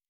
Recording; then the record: hydrophone in a shrimp aquaculture tank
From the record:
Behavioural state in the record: normal